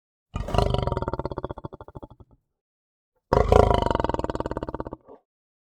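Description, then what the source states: Lion growling: two drawn-out, low, rattling growls of about two seconds each, separated by a short silence. Long growl.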